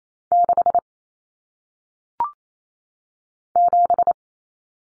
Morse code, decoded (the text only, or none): 6 7